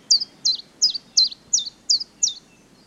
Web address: chiffchaff singing with distant bullfinch wren and sheep on slightly windy day